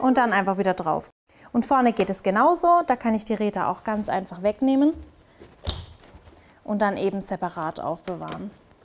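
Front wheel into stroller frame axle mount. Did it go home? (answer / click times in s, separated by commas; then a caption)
no / none. Someone talks while handling the detached front wheel of a Hartan VIP pram, pushing it back toward the axle mount on the frame, with a brief sharp handling noise around 5.7 s during a pause in the talk. The clip ends before the wheel goes home, so nothing has seated or clicked yet.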